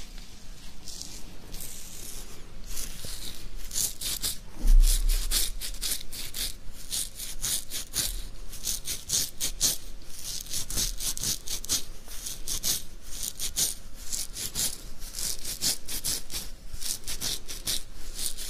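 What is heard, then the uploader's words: Beard scratching: a continuous run of quick, raspy strokes with a crisp, bristly hiss, repeating several times a second with little pause. The rhythm stays fairly even throughout, broken only by a brief low bump near the five-second mark. ASMR INSANE BEARD SCRATCHING.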